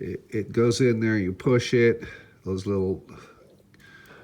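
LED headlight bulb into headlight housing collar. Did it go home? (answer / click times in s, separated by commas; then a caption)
no / none. Someone talks while an LED retrofit headlight bulb for a 2006 Lincoln Town Car is pushed into the headlight housing so its nubs pass through the collar, then twisted. Apart from a faint tick near 3.7 s, only speech is heard. Nothing has seated or clicked yet; the collar fails to lock and the bulb just keeps turning.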